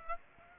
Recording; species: mosquito wingbeat signal from an infrared sensor; Aedes aegypti